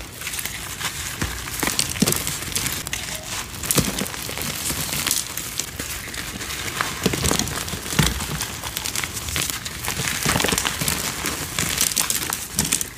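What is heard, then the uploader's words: Cornstarch being crushed gives a dense, continuous run of bright crunchy crinkles, with sharper squeaky crunches scattered irregularly every second or so. Random Cornstarch Crunchies Crushes.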